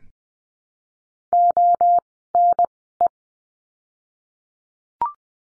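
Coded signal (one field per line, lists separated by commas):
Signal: Morse code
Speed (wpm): 20 wpm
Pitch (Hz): 700 Hz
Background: none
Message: ONE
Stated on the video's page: Morse code course lesson of words for the letter O, sent at Farnsworth speed of 20/10 wpm.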